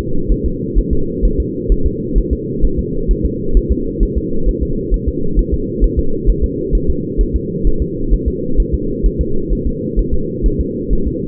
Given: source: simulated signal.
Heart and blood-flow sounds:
fetal heart sounds
0.32 s: S1
0.46 s: S2
0.78 s: S1
0.93 s: S2
1.25 s: S1
1.40 s: S2
1.72 s: S1
1.86 s: S2
2.18 s: S1
2.33 s: S2
2.65 s: S1
2.79 s: S2
3.11 s: S1
3.25 s: S2
3.57 s: S1
3.72 s: S2
4.03 s: S1
4.17 s: S2
4.49 s: S1
4.63 s: S2
4.94 s: S1
5.08 s: S2
5.39 s: S1
5.54 s: S2
5.84 s: S1
5.99 s: S2
6.30 s: S1
6.44 s: S2
6.75 s: S1
6.90 s: S2
7.21 s: S1
7.36 s: S2
7.67 s: S1
7.82 s: S2
8.14 s: S1
8.28 s: S2
8.60 s: S1
8.74 s: S2
9.06 s: S1
9.21 s: S2
9.53 s: S1
9.67 s: S2
9.99 s: S1
10.14 s: S2
10.46 s: S1
10.61 s: S2
10.93 s: S1
11.08 s: S2
From the record:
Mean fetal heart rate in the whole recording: 130 bpm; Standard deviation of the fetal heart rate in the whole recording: 2 bpm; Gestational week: 36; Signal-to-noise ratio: -8.1 dB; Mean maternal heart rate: 72 bpm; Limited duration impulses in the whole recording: absent

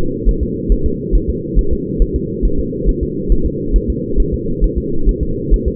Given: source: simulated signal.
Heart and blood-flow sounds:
fetal heart sounds
0.29 s: S1
0.43 s: S2
0.72 s: S1
0.86 s: S2
1.15 s: S1
1.30 s: S2
1.59 s: S1
1.73 s: S2
2.02 s: S1
2.16 s: S2
2.45 s: S1
2.59 s: S2
2.89 s: S1
3.03 s: S2
3.32 s: S1
3.46 s: S2
3.76 s: S1
3.90 s: S2
4.20 s: S1
4.34 s: S2
4.64 s: S1
4.78 s: S2
5.09 s: S1
5.23 s: S2
5.54 s: S1
5.68 s: S2
From the record:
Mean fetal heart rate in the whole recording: 135 bpm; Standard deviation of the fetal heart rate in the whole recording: 3 bpm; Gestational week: 36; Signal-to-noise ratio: -8.1 dB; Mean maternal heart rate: 72 bpm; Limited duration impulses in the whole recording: absent

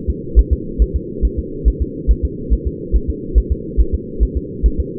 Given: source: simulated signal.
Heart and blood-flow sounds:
fetal heart sounds
0.10 s: S2
0.39 s: S1
0.53 s: S2
0.82 s: S1
0.96 s: S2
1.25 s: S1
1.39 s: S2
1.68 s: S1
1.82 s: S2
2.11 s: S1
2.25 s: S2
2.53 s: S1
2.67 s: S2
2.96 s: S1
3.10 s: S2
3.38 s: S1
3.52 s: S2
3.80 s: S1
3.94 s: S2
4.23 s: S1
4.37 s: S2
4.66 s: S1
4.80 s: S2
From the record:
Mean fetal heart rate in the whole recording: 140 bpm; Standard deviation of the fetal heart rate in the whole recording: 2 bpm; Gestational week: 34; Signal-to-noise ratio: -4.3 dB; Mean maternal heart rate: 72 bpm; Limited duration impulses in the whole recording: absent

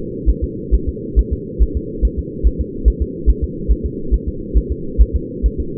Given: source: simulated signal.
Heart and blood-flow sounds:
fetal heart sounds
0.29 s: S1
0.44 s: S2
0.74 s: S1
0.89 s: S2
1.19 s: S1
1.33 s: S2
1.62 s: S1
1.77 s: S2
2.05 s: S1
2.19 s: S2
2.47 s: S1
2.61 s: S2
2.88 s: S1
3.02 s: S2
3.30 s: S1
3.44 s: S2
3.71 s: S1
3.86 s: S2
4.14 s: S1
4.28 s: S2
4.57 s: S1
4.72 s: S2
5.01 s: S1
5.16 s: S2
5.46 s: S1
5.60 s: S2
From the record:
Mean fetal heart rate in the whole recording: 135 bpm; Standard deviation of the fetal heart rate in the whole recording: 3 bpm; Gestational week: 34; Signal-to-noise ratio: -4.3 dB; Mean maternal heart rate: 72 bpm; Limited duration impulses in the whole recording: absent

